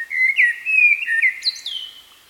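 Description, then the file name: Common blackbird song: fluty, mellow notes run together, then a high thin squeaky flourish that fades out. "Turdus merula"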